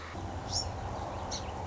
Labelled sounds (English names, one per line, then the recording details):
Song Sparrow
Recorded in Sonoma County, California